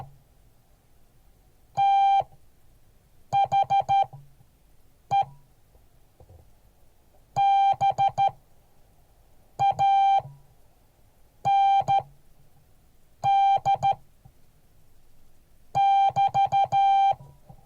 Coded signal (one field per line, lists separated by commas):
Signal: Morse code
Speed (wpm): 13 wpm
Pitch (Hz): 790 Hz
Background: none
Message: THE BAND <BT>